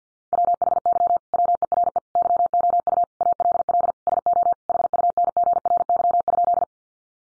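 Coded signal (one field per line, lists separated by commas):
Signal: Morse code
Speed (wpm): 50 wpm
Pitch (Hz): 700 Hz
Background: none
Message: WHY WERE YOU ALL SO HUNGRY?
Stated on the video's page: Morse code head-copy practice of sentences from the top 1400 words at 50 wpm, sent before and after speech.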